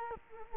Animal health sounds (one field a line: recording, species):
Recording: mosquito wingbeat signal from an infrared sensor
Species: Culex quinquefasciatus